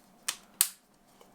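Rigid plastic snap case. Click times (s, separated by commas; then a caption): 0.3 s, 0.6 s. The front piece of a Pitaka MagEZ Case 3 is snapped over the front half of a Pixel Fold folding phone. Two sharp clicks are heard at 0.3 s and 0.6 s, the second louder, followed by a faint tick near 1.2 s. The case piece seats into place.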